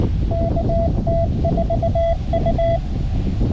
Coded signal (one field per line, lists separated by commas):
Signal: Morse code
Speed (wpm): 19 wpm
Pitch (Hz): 670 Hz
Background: none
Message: KT4U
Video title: A tale of two verticals: How much difference can a better antenna really make? CW POTA at K-2034